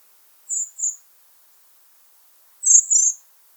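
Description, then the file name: Common blackbird calls: two pairs of short, thin, very high notes about two seconds apart, with silence between them. "Turdus merula"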